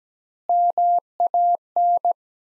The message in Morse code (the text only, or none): MAN